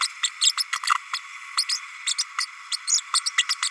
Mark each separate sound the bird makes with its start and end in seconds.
0.01-0.07, 0.23-0.27, 0.41-0.52, 0.57-0.63, 0.72-0.79, 1.13-1.18, 1.57-1.64, 1.69-1.80, 2.06-2.15, 2.18-2.24, 2.38-2.46, 2.71-2.76, 2.87-3.01, 3.13-3.23, 3.25-3.31, 3.37-3.44, 3.48-3.56, 3.62-3.70